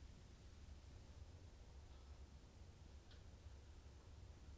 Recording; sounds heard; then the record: poultry house recording; no chicken sound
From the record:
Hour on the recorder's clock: 22